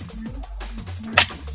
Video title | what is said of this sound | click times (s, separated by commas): Echo1 MTC/ SM-C or K Takedown | like that hear that noise where it kind of slaps forward and now the bevel gear is free | 1.2 s